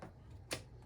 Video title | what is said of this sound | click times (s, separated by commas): Brother MFC L-3750CDW - How To Replace and Reset Drum and Toner Cartridge - Onyx | once it clicks then you know it's locked into place and then you just put it directly into the same slot | 0.5 s